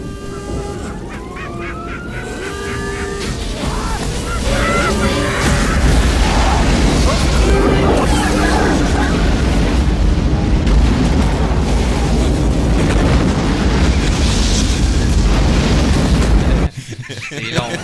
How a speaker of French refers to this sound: Et une des choses que j'ai insisté pour qu'on montre, c'est l'explosion qui va suivre. Si tu peux faire rouler, mon cher Giz, c'est vraiment une de mes séquences préférées de quelques films que ce soit.